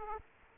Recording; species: mosquito wingbeat signal from an infrared sensor; Aedes aegypti